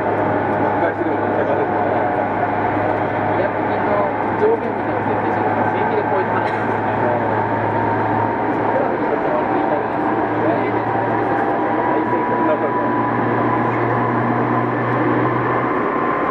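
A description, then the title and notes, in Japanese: Ride aboard a Tokyu 2000 series train: a steady rumble and low drone throughout, with muffled voices and faint clicks over the constant noise. 東急2000系 渋谷〜あざみ野。急行運用を録音。ステンレス鋼製20m級軽量車体の4扉車である。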